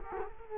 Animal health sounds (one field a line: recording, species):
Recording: mosquito wingbeat signal from an infrared sensor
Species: Culex quinquefasciatus